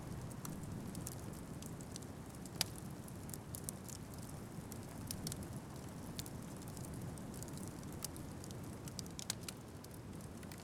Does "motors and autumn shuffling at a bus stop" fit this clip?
no